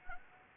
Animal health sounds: mosquito wingbeat signal from an infrared sensor; Anopheles gambiae

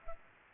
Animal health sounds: mosquito wingbeat signal from an infrared sensor; Culex pipiens

